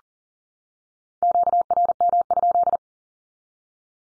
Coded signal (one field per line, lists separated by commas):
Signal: Morse code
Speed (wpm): 37 wpm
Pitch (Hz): 700 Hz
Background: none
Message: QRM?